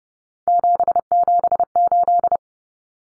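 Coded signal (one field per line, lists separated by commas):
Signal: Morse code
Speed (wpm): 30 wpm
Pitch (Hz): 700 Hz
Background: none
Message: 778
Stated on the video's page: Morse drill of common three-digit cut numbers at 30 wpm, with T, A, N standing for 0, 1, 9; each is sent, spoken, then sent again.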